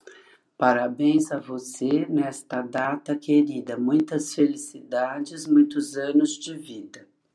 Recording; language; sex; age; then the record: short text; Brazilian Portuguese; female; 60 to 69 years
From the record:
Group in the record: control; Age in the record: 62 years